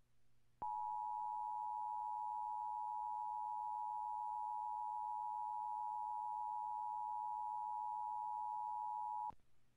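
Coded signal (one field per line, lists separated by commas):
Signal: Emergency Alert System (SAME) tones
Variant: 853 and 960 Hz attention tone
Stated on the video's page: EAS Required Monthly Test aired by a FOX/CBS affiliate television station.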